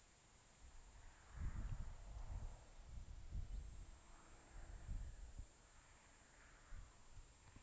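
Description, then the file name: Cicada song, a sustained high buzzing tone without pause, accompanied by intermittent low wind rumble. Recorded near Hankey, South Africa, on 17 January 2008. "P catenata nr Hankey ( 17 th Jan 2008"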